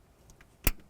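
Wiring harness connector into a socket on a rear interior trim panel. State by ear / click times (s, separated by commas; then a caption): seated / 0.7 s. A plastic wiring harness connector on the back of a rear interior trim panel of a 2008-2012 Honda Accord is lined up and pressed into its mating socket during a right rear strut replacement. Faint small ticks come before a sharp, bright click at 0.7 s, followed by a few softer ticks. The connector is seated.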